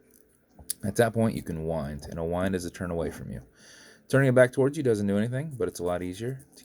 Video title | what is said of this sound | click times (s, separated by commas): Build #665 - Bitcoin - Balser | How you do is you back the crown off the threads until you hear it clicking. | 0.2 s, 0.3 s, 0.6 s, 0.7 s